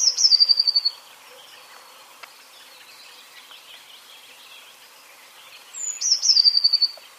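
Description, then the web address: Eurasian blue tit with two phrases, the end of one at the start and another near the end: a high descending note, then a quick ringing trill, separated by quiet hiss. "ljud Cyanistes"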